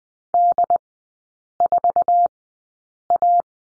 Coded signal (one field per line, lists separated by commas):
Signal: Morse code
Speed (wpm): 20 wpm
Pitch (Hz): 700 Hz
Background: none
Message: D4A